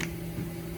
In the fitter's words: so with this guy when you unplug it just snaps right in there